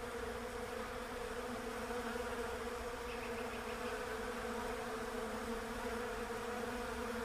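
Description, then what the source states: Bees producing a smooth, sustained hum of many wings, with faint soft chirps briefly heard partway through. Bees in a Russian olive tree.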